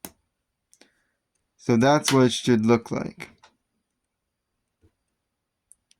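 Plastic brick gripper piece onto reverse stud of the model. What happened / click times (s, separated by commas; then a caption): The plastic brick piece snapped down into place / 0.1 s. A plastic toy brick gripper piece is pressed down onto a reverse stud of the model, giving a loud click at 0.1 s. Someone talks afterward, followed by a few faint ticks. The piece is seated.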